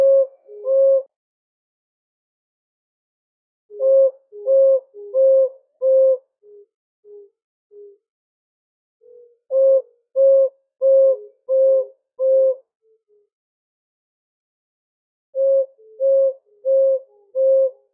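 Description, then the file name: Mayotte scops owl giving runs of four or five evenly spaced, hollow hoots separated by pauses, with soft notes trailing after some runs; quiet background. Recorded on Mayotte. "petit duc de mayotte"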